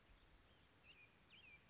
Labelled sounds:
American Robin (Turdus migratorius)
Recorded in Sonoma County, California

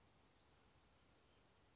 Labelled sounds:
Chestnut-backed Chickadee (Poecile rufescens)
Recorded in Sonoma County, California

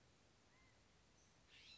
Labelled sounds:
California Scrub-Jay (Aphelocoma californica)
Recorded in Sonoma County, California

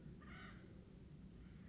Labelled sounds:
Acorn Woodpecker (Melanerpes formicivorus)
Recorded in Sonoma County, California

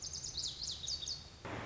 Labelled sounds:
Lazuli Bunting (Passerina amoena)
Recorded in Sonoma County, California

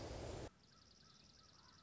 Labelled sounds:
Dark-eyed Junco (Junco hyemalis)
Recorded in Sonoma County, California

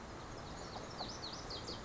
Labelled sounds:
Lazuli Bunting (Passerina amoena)
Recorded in Sonoma County, California

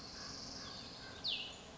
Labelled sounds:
Cassin's Vireo (Vireo cassinii)
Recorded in Sonoma County, California

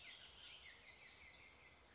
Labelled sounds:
Bullock's Oriole (Icterus bullockii)
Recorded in Sonoma County, California

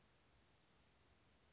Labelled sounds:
Brown Creeper (Certhia americana)
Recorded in Sonoma County, California

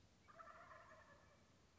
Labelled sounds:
Wild Turkey (Meleagris gallopavo)
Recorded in Sonoma County, California

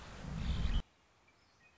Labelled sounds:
Red-winged Blackbird (Agelaius phoeniceus)
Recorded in Sonoma County, California

